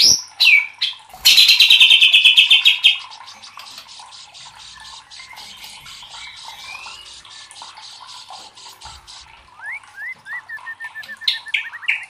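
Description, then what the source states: White-rumped shama song: a buzzy, rapidly pulsed burst, then a softer stretch of quick ticking notes, ending with sharp rising whistled slurs. Masteran training recording for caged birds of murai batu, labaik style.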